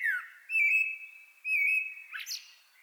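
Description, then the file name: Common blackbird calling with two long, steady, thin whistled notes, followed by a short scratchy burst. "Turdus merula"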